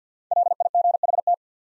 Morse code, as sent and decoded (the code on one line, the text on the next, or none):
.-.. .. --. .... -
LIGHT